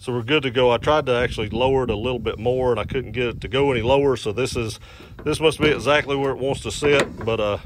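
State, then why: Not seated. A Rugged Ridge XHD hood catch latch on a Jeep JK hood is being handled as someone talks throughout, with steady speech and no sharp impacts. Nothing has seated or latched yet; the clip ends just before the catch is pushed down and locks the hood closed.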